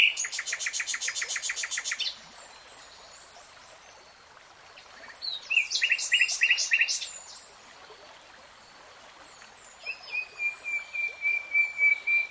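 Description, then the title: Nightingale singing a long rapid rattling trill, a quiet gap, a burst of chopped notes, then a series of repeated whistled notes. Nightingale singing in real time. "[Tiếng chim hót] 3 Hours REALTIME Nightingale Singing"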